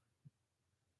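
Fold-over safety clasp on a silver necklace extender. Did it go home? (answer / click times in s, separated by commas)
no / none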